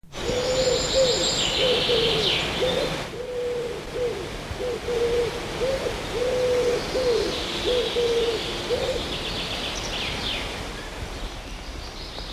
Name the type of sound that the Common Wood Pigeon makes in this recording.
song